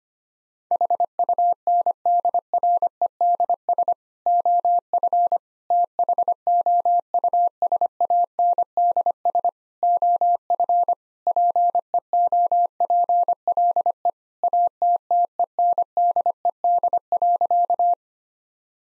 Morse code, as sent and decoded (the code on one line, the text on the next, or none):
.... ..- -. -.. .-. . -.. ... / --- ..-. / - .... --- ..- ... .- -. -.. ... / --- ..-. / .--. . --- .--. .-.. . / .- - - . -. -.. . -.. .-.-.-
HUNDREDS OF THOUSANDS OF PEOPLE ATTENDED.